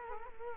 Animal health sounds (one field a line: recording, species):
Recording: mosquito wingbeat signal from an infrared sensor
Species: Culex quinquefasciatus